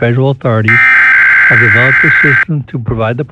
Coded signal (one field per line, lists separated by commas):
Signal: Emergency Alert System (SAME) tones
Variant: header bursts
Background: speech